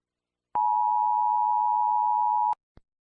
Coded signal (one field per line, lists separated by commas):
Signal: Emergency Alert System (SAME) tones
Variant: 853 and 960 Hz attention tone